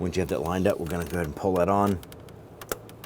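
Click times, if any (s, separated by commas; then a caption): 2.7 s. Someone talks while a plastic wiring harness connector is lined up and pushed onto a new variable valve timing (VVT) solenoid on a 2011-2017 Nissan Quest 3.5L V6. After the talking stops, a few faint ticks lead to a sharp snap at 2.7 s as the connector seats on the solenoid. It is then wiggled to check that it is locked on.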